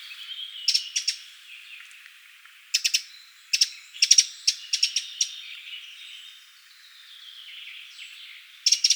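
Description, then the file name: Eurasian wren calls: harsh, ticking bursts of rapid clicks in short groups, several clusters spread throughout with quieter, fainter chatter between them. "Troglodytes troglodytes"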